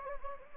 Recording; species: mosquito wingbeat signal from an infrared sensor; Anopheles arabiensis